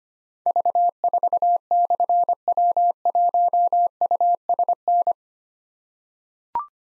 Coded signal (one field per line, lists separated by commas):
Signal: Morse code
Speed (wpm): 25 wpm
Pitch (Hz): 700 Hz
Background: none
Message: V4/W1USN